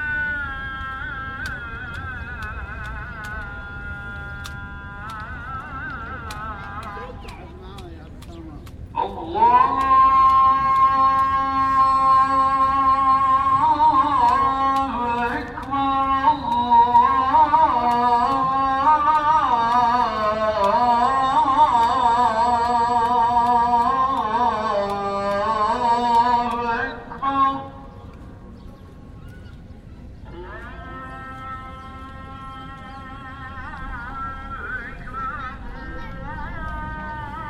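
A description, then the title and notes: A call to prayer carries across a square, a single voice chanting long, wavering melodic lines. The voice swells loudest from about 9 to 27 seconds with ornate bending phrases, while quieter chanting opens and closes the clip over a low steady city hum. Call to Prayer(ezan) at Sultanahmet Square in Istanbul. This recording was made using a binaural audio setup. Call to Prayer at this location in Istanbul is unique due to the fact that ezan can be heard coming from three different minarets in the area.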